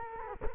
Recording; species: mosquito wingbeat signal from an infrared sensor; Culex quinquefasciatus